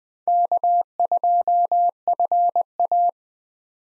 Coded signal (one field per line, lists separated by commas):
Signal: Morse code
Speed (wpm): 20 wpm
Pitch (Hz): 700 Hz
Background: none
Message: K2FA